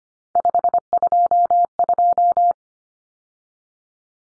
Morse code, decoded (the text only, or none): 522